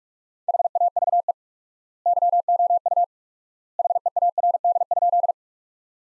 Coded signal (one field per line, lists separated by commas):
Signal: Morse code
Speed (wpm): 46 wpm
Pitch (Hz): 700 Hz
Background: none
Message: HAVE YOU HEARD?